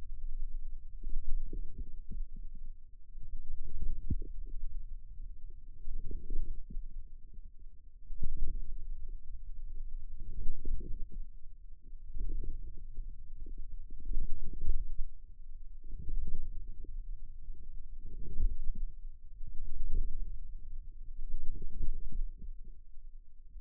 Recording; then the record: forearm muscle sounds (acoustic myography)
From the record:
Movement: radial deviation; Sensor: system 2, bracelet of six BSWA MPA416 microphones around the upper forearm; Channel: 5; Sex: male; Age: 22 years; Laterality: right